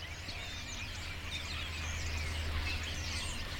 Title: Sound Escape. the soft chatter of starlings on a Wiltshire dairy farm